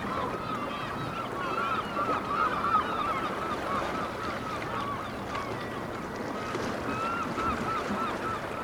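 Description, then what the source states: Black-legged kittiwakes calling, overlapping nasal arched calls repeated rapidly over a steady roar of background noise. Several kittiwakes recorded at Dunbar.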